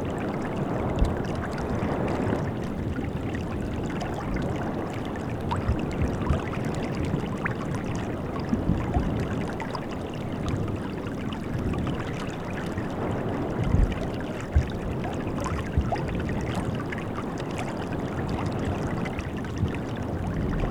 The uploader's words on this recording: Ice and Sleet on the Platte River. I spent a morning on the Platte River, where it empties into Lake Michigan, watching the ice floes go past and to feel the stinging sleet hit my face. The recording features the sound of the river as it cascades against some large rocks.